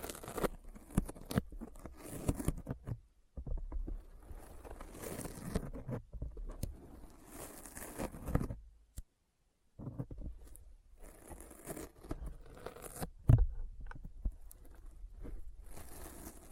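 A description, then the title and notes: Sticky fingers peel and tap in quick, crackling bursts, with dense clusters of small tacky pops and tearing sounds from low thumps up to bright clicks. Two short silences break it, near three and nine seconds, and a sharp knock stands out around thirteen seconds. ASMR Intense Sticky Finger Sounds (No Talking).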